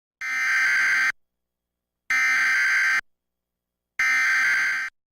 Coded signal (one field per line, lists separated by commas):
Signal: Emergency Alert System (SAME) tones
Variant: header bursts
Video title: Iowa EAS Required Monthly Tests (April 3, 2019)